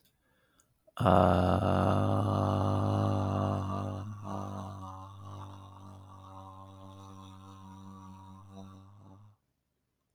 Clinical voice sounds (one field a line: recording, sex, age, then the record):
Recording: vowel held as long as possible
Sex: male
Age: 30 to 39 years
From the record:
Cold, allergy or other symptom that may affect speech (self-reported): no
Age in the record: 33 years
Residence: Kentucky, United States